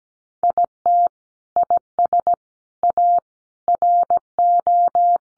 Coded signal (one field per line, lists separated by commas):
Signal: Morse code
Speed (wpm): 17 wpm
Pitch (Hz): 700 Hz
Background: none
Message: IT IS A RO